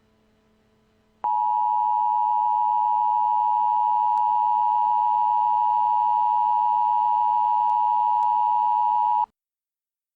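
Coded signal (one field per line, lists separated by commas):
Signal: Emergency Alert System (SAME) tones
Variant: 853 and 960 Hz attention tone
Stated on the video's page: Fictional EAS mini scenario.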